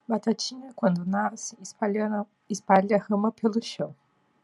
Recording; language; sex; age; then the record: short text; Brazilian Portuguese; female; 30 to 39 years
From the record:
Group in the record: control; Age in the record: 36 years